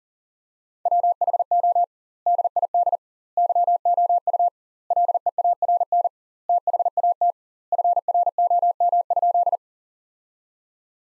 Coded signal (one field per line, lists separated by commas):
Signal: Morse code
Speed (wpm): 40 wpm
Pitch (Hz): 700 Hz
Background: none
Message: WHO DID YOU LEARN THAT FROM?